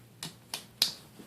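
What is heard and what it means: A plastic piece of a plastic transforming robot action figure is pushed into its slot during transformation. Two sharp plastic clicks at 0.2 and 0.5 seconds lead up to a louder, crisp snap at 0.8 seconds as the part tightly snaps into place and is seated.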